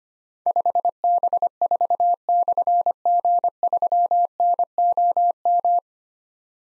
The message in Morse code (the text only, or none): 5B4/G3NOM